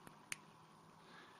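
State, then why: Seated. A plastic insulin reservoir is given a final quarter turn onto the vial transfer guard of a Medtronic infusion setup. A faint tick at 0.1 seconds is followed by a sharp, bright click at 0.3 seconds as it clicks into place, then only low background hiss. The reservoir is seated.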